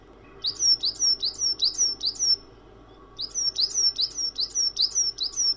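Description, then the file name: Bird chirping: a fast series of bright, high down-slurred notes, a brief gap, then another similar run. Samsung ringtone. "vogelgezwitscher"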